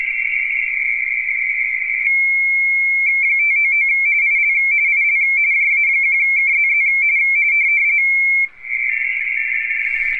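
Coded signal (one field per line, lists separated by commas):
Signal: RTTY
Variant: 45.45 baud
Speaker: K9 x-ray Delta is running a frequency radio teletype contest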